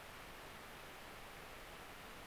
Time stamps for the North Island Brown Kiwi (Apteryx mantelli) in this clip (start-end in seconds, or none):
none